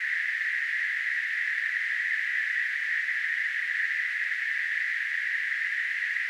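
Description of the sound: A simulated tinnitus sound.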